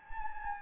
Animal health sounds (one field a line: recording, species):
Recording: mosquito wingbeat signal from an infrared sensor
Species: Anopheles gambiae